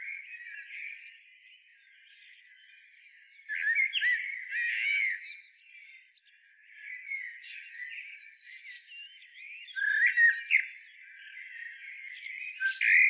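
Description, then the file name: Eurasian blackbird song, mellow warbled phrases with high twittering tails, with quieter warbling between them. "Turdus merula"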